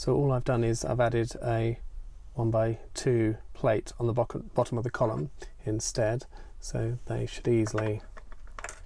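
Someone talks while building a Lego model of a 1973 Stock London Underground train. A plastic window column with a 1x2 plate added underneath is pressed onto the studs of the carriage wall and clicks into place at 8.6 s, seated.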